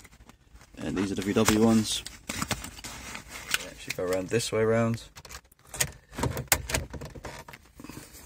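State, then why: Seated. A metal VW radio removal key is pushed, in the correct orientation, into the release slot on the front face of a VW Golf's car radio while someone talks. Light metallic clinks and taps are heard as the key is handled. A sharp click at 6.5 s marks the key latching into place.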